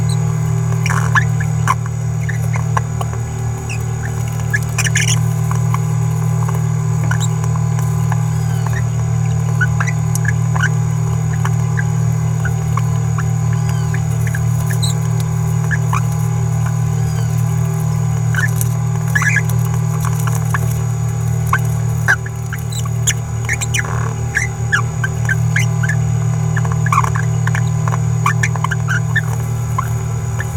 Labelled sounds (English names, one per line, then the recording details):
Green-rumped Parrotlet babbling
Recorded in a nest box in Venezuela
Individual 18B17A3